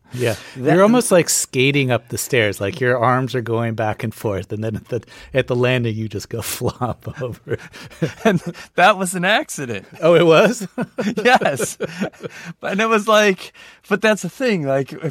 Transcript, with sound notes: You're almost, like, skating up the stairs. Like, your arms are going back and forth. And then at the landing, you just go flop over.
(LAUGHTER)
And that was an accident.
Oh, it was (laughter)?
Yes. And it was like - but that's the thing.